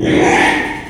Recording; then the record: squeal of a Yucatan mini pig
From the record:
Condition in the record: after surgery on the right vocal fold (resection and tissue-engineered implant); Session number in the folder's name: 3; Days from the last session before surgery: 33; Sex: male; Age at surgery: 12 weeks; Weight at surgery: 13 kg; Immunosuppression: cyclosporine, prednisolone